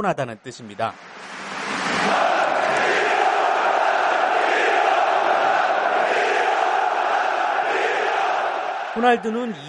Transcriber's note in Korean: 녹취: 축구경기 현장음